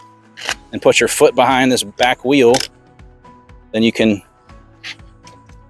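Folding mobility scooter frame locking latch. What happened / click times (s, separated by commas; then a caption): The frame is being handled; no latch click has sounded yet / none. Someone talks while a lightweight mobility scooter is being folded, with the frame lifted and a foot placed behind the back wheel, and faint short knocks and handling noises are heard around the speech. The folding frame's locking latch has not seated or clicked into place yet when the clip ends.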